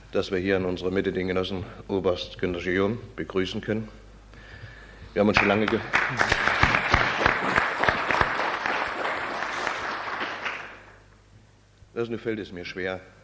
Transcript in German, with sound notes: dass wir hier unserer Mitte den Genossen Oberst Günter Guillaume begrüßen können. Wir haben uns schon lange [Applaus] Genossen, nun fällt es mir schwer